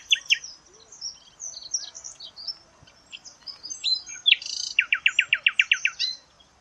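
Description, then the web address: Bird song of scattered high chirps building into a fast, even series of loud, clipped notes near the end. "Deverinetal 2025. Bird Only"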